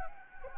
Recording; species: mosquito wingbeat signal from an infrared sensor; Anopheles gambiae